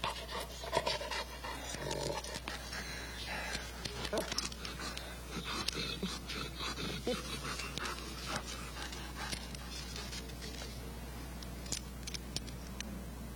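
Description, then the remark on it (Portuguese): A dog pants steadily in quick, rhythmic breaths, with soft shuffling and faint whimpers mixed in over a low steady hum. “Você era meu cachorro também?”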